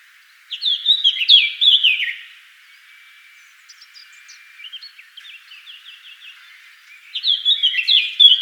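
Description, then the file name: Eurasian blackcap song: rich fluted whistles dropping in pitch, then a quieter twittering passage, and another loud whistled flourish at the close. "Sylvia atricapilla"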